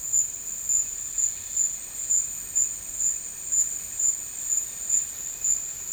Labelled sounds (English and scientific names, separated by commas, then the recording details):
none
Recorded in dense forest near Puerto Asís, Putumayo, Colombia, on 12 March 2025 at 15:30
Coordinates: 0.485, -76.318
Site G056